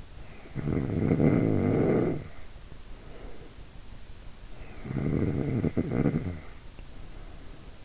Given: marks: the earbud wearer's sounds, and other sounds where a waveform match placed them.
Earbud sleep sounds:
sounds in sleep by an in-ear microphone; snoring breath
0.02-3.62 s: snoring breath
4.48-7.85 s: snoring breath

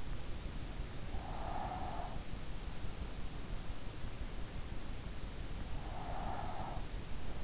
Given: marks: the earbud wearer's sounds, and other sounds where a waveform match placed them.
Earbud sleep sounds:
sounds in sleep by an in-ear microphone; breath
0.86-2.39 s: breath
5.68-6.84 s: breath

